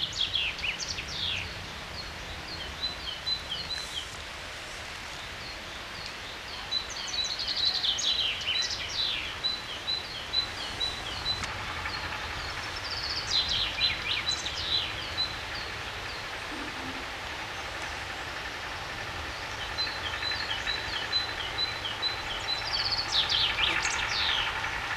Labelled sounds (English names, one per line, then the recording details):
Common Chaffinch song
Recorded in the wild
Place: Oberstdorf, Bayern, DE
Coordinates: 47.4447, 10.2953
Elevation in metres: 862
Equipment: Uher 4000 Report
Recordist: Tretzel, Erwin